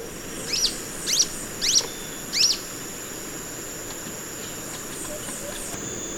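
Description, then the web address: Golden-crowned flycatcher giving four quick, squeaky high notes in a brief series, then a pause, with a constant high drone behind. Recorded in Ecuador, South America. "Natures Songs S America Birds of Ecuador 44 Golden-crowned Flycatcher"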